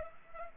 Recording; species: mosquito wingbeat signal from an infrared sensor; Culex pipiens